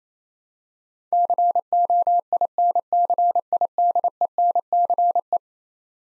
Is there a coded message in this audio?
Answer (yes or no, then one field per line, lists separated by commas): yes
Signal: Morse code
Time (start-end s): 1.1-5.4 s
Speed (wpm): 27 wpm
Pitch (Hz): 700 Hz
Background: none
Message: COINCIDENCE